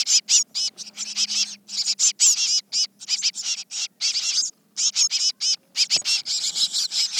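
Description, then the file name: Eurasian blue tit chattering continuously in dense, harsh, high-pitched bursts with only brief gaps between them. "Cyanistes caeruleus"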